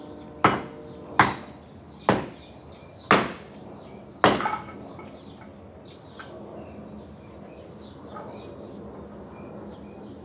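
Birds chirp in a backyard on a Sunday morning, their short calls scattered through the clip over a low, steady neighborhood hum. Five sharp knocks land in the first four and a half seconds, each ringing briefly, then the remainder is quieter with only birdsong.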